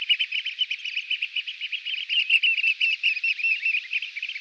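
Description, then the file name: Eurasian oystercatcher piping: a continuous, loud stream of shrill, fast, high piping notes with no break. "Strandskata"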